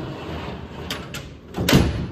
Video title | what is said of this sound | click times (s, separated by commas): 1955 Chevy Nomad (Episode No. 4) | you can hear the latches latch pull that out | 1.7 s